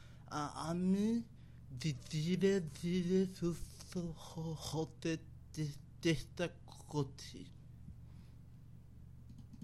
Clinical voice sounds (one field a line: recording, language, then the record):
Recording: elicited speech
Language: Bengali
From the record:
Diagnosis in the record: Broca's or global aphasia after a stroke